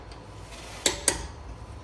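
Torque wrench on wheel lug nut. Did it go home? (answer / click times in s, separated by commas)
yes / 0.9 s, 1.1 s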